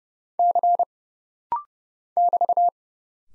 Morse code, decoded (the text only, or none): C <BT>